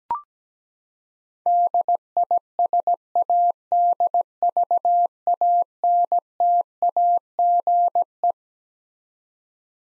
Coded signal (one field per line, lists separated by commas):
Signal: Morse code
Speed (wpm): 17 wpm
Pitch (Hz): 700 Hz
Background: none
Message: DISADVANTAGE